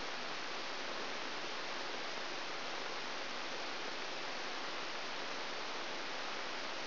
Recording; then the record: brain microelectrode recording played as sound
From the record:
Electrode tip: outside the subthalamic nucleus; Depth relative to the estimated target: -5 mm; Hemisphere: left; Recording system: AlphaMap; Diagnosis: Parkinson's disease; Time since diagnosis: 20 years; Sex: female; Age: 65 years